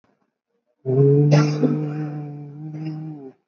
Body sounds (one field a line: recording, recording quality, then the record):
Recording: sustained vowel as in boot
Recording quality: excellent, no background noise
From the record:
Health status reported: COVID-19 positive, moderate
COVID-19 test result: positive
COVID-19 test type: RT-PCR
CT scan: taken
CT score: 11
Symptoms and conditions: cough, cold, breathing difficulty, sore throat, loss of smell and taste, diarrhoea, hypertension, diabetes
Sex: male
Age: 77 years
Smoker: no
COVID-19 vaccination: both doses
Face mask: worn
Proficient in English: yes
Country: India